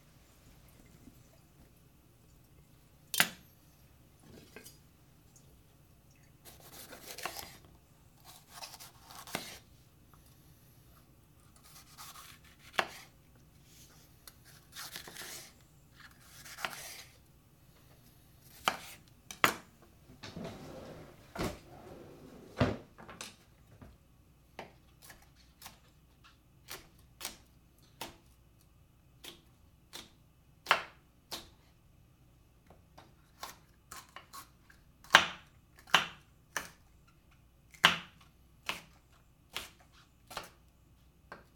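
Someone cooking a quick pasta meal, with sharp knocks and clicks of utensils and dishes arriving irregularly all the way through, some in quick bursts. Around twenty seconds a denser scraping, rustling stretch stands out, over a low steady hum.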